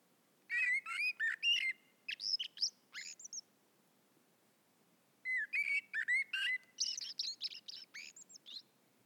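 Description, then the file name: Common blackbird calls in two bursts of rapid, clipped, chattering notes with squeaky high whistles, separated by a quiet pause of about two seconds. "Turdus merula"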